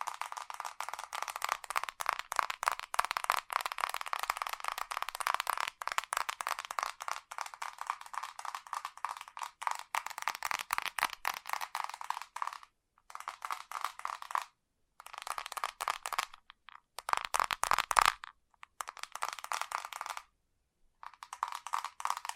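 Fast tapping runs in dense, rapid bursts of crisp clicks, bright and light with little low end. The first twelve seconds are nearly continuous, then the tapping breaks into shorter runs separated by silent gaps around 13, 15, 17 and 20 seconds.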